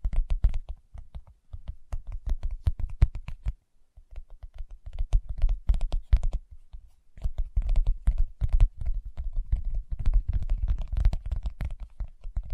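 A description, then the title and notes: Fingertips tap rapidly and unevenly in dense bursts with soft low thuds, pausing briefly near four and seven seconds. ASMR Tapping with Fingertips (No Talking).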